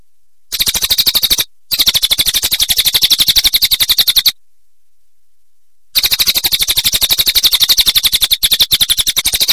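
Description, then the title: Songbird: bird song of rapid, high-pitched repeated chips in long even runs, interrupted once by a short silence and once by a longer gap. Songbird song used for training songbirds. "Masteran Burung"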